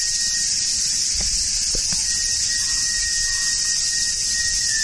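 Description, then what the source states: Cicada song as an unbroken high buzzing hiss, with a faint held flute tone running beneath it and a few soft low taps. Recorded together with a shakuhachi flute.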